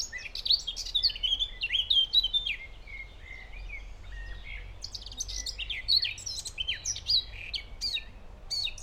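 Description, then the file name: Eurasian blackcap warbling in short bursts of clear whistled notes mixed with scratchy chatter, with a quieter gap in the middle and steady low background rumble. "Sylvia atricapilla"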